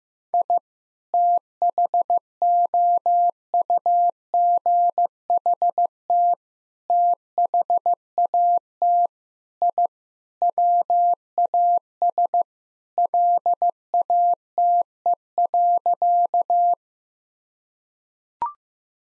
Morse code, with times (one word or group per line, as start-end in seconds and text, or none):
0.3-0.6 I
1.1-6.3 THOUGHT
6.9-9.1 THAT
9.6-9.9 I
10.4-12.4 WAS
13.0-16.7 LATE.